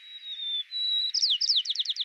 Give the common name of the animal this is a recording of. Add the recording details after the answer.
White-crowned Sparrow. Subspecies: nuttalli. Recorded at Battery East, California, in 2013. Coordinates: 37.808, -122.473. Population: north. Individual beJ_13